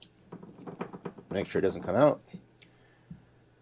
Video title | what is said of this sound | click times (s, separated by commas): Anderson Connector Tutorial | push it home till it clicks | 0.0 s